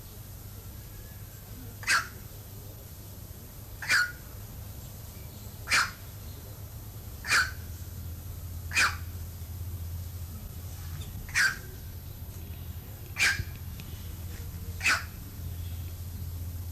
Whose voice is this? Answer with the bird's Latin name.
Procnias nudicollis